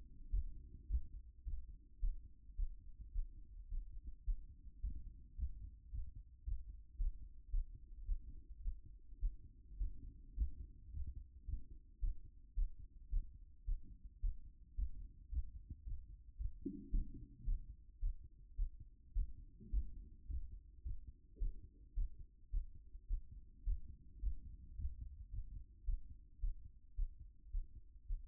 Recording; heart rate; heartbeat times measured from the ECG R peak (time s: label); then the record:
heart sounds by stethoscope; 108 bpm
0.30 s: heartbeat
0.88 s: heartbeat
1.44 s: heartbeat
2.00 s: heartbeat
2.56 s: heartbeat
3.12 s: heartbeat
3.68 s: heartbeat
4.25 s: heartbeat
4.81 s: heartbeat
5.36 s: heartbeat
5.90 s: heartbeat
6.44 s: heartbeat
6.97 s: heartbeat
7.50 s: heartbeat
8.05 s: heartbeat
8.61 s: heartbeat
9.19 s: heartbeat
9.77 s: heartbeat
10.35 s: heartbeat
10.90 s: heartbeat
11.45 s: heartbeat
12.00 s: heartbeat
12.55 s: heartbeat
13.10 s: heartbeat
13.65 s: heartbeat
14.20 s: heartbeat
14.75 s: heartbeat
15.30 s: heartbeat
15.84 s: heartbeat
16.37 s: heartbeat
16.91 s: heartbeat
17.45 s: heartbeat
18.00 s: heartbeat
18.56 s: heartbeat
19.13 s: heartbeat
19.70 s: heartbeat
20.27 s: heartbeat
20.83 s: heartbeat
21.38 s: heartbeat
21.94 s: heartbeat
22.50 s: heartbeat
23.07 s: heartbeat
23.64 s: heartbeat
24.20 s: heartbeat
24.76 s: heartbeat
25.30 s: heartbeat
25.85 s: heartbeat
26.40 s: heartbeat
26.95 s: heartbeat
27.51 s: heartbeat
28.06 s: heartbeat
From the record:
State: after exercise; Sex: male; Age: 25 years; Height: 189 cm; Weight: 101 kg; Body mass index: 28.27